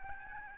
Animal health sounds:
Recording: mosquito wingbeat signal from an infrared sensor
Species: Aedes albopictus

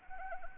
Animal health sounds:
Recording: mosquito wingbeat signal from an infrared sensor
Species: Anopheles arabiensis

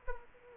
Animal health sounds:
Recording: mosquito wingbeat signal from an infrared sensor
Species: Aedes aegypti

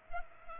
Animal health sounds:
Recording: mosquito wingbeat signal from an infrared sensor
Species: Culex pipiens

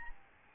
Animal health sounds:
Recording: mosquito wingbeat signal from an infrared sensor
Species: Aedes albopictus

